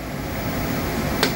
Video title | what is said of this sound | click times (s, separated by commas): Cosmec tool length/diameter | can lower that down and it clicks into place much | 1.2 s